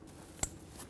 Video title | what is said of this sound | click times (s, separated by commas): How to Replace Exhaust Manifold with Catalytic Converter 2009-2019 Ford Flex | make sure it clicks | 0.4 s